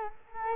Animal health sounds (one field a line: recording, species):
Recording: mosquito wingbeat signal from an infrared sensor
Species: Culex quinquefasciatus